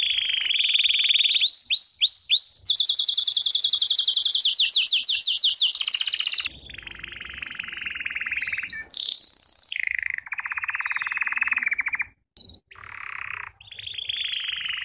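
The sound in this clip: American Singer canary song: loud rapid trills and rolling tours, with swooping notes and high whistled rolls, shifting to lower buzzy trills and brief pauses.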